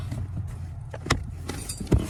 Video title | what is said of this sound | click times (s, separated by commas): Center Console Pocket Replacement On 7th Gen Maxima | It's locked into place. | 1.1 s